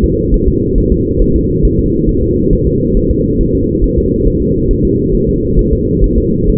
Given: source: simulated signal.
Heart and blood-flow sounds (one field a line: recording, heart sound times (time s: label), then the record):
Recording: fetal heart sounds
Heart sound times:
0.04 s: S2
0.34 s: S1
0.48 s: S2
0.78 s: S1
0.92 s: S2
1.22 s: S1
1.36 s: S2
1.65 s: S1
1.79 s: S2
2.09 s: S1
2.23 s: S2
2.53 s: S1
2.67 s: S2
2.97 s: S1
3.11 s: S2
3.41 s: S1
3.55 s: S2
3.84 s: S1
3.98 s: S2
4.27 s: S1
4.42 s: S2
4.71 s: S1
4.85 s: S2
5.15 s: S1
5.29 s: S2
5.59 s: S1
5.73 s: S2
6.04 s: S1
6.18 s: S2
6.49 s: S1
From the record:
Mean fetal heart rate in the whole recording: 135 bpm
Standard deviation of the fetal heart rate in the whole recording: 3 bpm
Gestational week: 36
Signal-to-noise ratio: -10.2 dB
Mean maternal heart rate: 72 bpm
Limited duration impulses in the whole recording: present